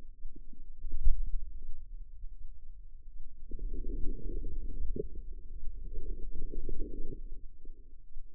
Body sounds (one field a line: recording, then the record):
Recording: forearm muscle sounds (acoustic myography)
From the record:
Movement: inward rotation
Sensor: system 2, bracelet of six BSWA MPA416 microphones around the upper forearm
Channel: 6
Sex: female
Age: 25 years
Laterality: right